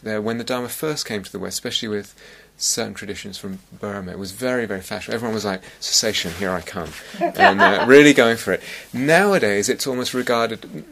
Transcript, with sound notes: When the Dharma first came to the West, especially with certain traditions from Burma, it was very, very fashionable. Everyone was like, "Cessation, here I come!" [laughter] And really going for it. Nowadays, it's almost regarded